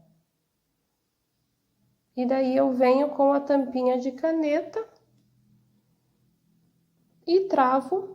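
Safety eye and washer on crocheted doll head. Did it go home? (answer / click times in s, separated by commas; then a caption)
no / none. The second plastic safety eye is placed and held in position in a crocheted doll head, and a pen cap is brought to press the washer home. Someone talks from about 2.2 to 4.9 seconds and again from 7.3 seconds, with quiet handling sounds between. Nothing has seated or clicked yet.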